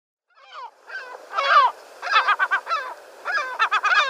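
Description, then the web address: Lesser black-backed gull with a few slurred, wailing notes followed by quick runs of short, harsh laughing calls. "Lesser Black-backed Gull"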